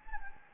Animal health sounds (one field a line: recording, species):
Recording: mosquito wingbeat signal from an infrared sensor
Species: Anopheles gambiae